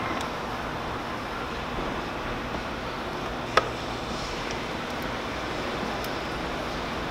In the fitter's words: very carefully go down there and get in that notch and it pops right out and you'll hear it pop same thing on the other side a little bit more leverage